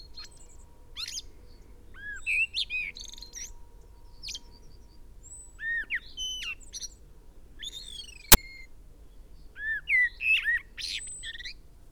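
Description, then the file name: Common blackbird song: separate phrases of low, rising fluty notes ending in higher twitters, a few seconds apart, with a sharp click midway and a steady faint hum. "Turdus merula"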